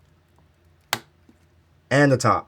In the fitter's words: Starting from the bottom, you can hear a nice little click.